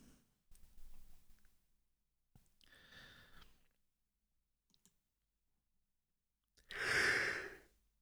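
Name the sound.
yawning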